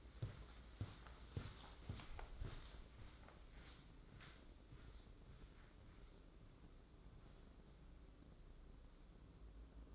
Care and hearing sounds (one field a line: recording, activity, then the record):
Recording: daily activity, microphone in the room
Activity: walk to room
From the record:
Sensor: 3